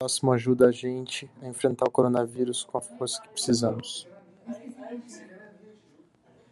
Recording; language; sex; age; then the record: spoken sentence; Brazilian Portuguese; male; 30 to 39 years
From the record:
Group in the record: control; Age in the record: 31 years